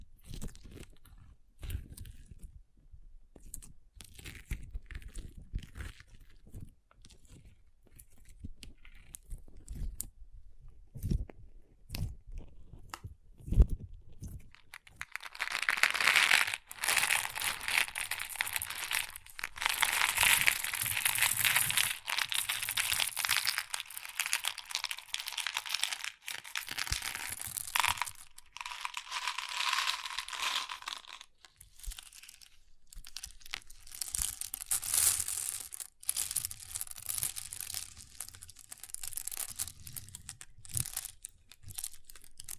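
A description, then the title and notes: Crunchy slime being squeezed and worked, with sparse crackles and soft pops through the first fifteen seconds. After that the crunching becomes dense and bright, a continuous crackling with brief pauses near thirty seconds and again toward the end. ASMR Satisfying Crunchy Slime (No Talking).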